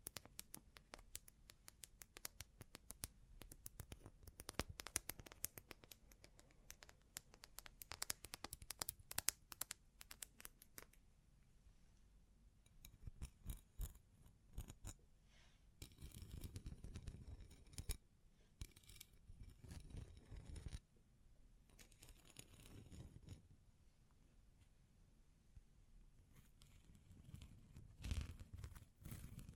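Bling bling triggers: a dense run of quick, sharp clicks and snips fills the first ten seconds. After a short lull come rougher crinkling, tearing bursts around 15 to 24 seconds, then quieter handling with a few scattered taps near the end.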